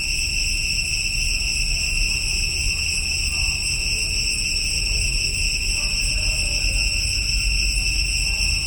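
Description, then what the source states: Cicada chorus, a continuous shrill buzzing in layered high bands, with low rumbling noise underneath throughout. Chorus recorded in Cambodia.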